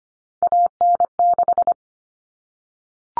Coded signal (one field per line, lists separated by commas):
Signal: Morse code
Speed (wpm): 25 wpm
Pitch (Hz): 700 Hz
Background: none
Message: AN6